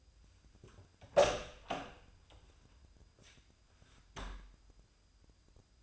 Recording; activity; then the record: daily activity, microphone in the room; open door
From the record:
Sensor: 2